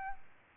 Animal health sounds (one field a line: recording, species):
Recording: mosquito wingbeat signal from an infrared sensor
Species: Aedes albopictus